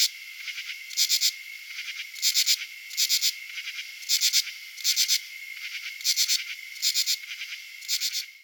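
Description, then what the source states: Northern true katydid song: harsh raspy groups of two or three pulses, repeated several times, over a steady high insect hum. Male, in warm conditions.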